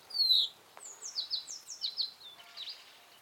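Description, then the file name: Common chaffinch giving a loud high opening note, then a run of descending high chirps that fades toward the end. "Fringilla coelebs"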